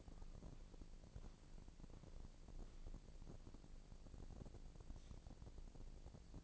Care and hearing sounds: daily activity, microphone in the room; walk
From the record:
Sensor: 5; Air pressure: 1012.3 hPa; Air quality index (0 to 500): 152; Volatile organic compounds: 2 ppm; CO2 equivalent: 1050 ppm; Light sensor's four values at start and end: 291/700/299/333 and 293/704/300/335

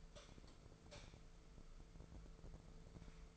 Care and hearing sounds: daily activity, microphone in the room; light off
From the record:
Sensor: 5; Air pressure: 1014.6 hPa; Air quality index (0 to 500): 149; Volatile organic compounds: 4 ppm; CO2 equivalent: 1639 ppm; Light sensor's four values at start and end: 85/206/84/89 and 80/192/78/82

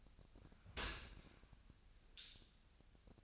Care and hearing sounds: daily activity, microphone in the room; open dishwasher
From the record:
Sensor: 2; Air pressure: 1006.6 hPa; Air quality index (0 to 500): 202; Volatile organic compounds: 14 ppm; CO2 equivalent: 2468 ppm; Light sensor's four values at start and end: 9/21/9/9 and 9/21/9/9

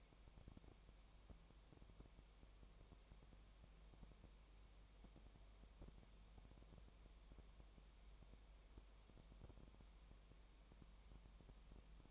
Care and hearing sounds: daily activity, microphone in the room; no activity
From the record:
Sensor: 1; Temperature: 19.4 degrees Celsius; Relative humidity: 35.7%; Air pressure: 1003.3 hPa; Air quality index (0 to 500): 113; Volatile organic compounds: 2 ppm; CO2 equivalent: 1260 ppm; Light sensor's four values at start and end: 1/2/1/1 and 1/2/1/1

